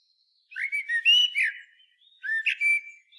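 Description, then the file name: Common blackbird giving two phrases of liquid, slurred whistles. "Turdus merula"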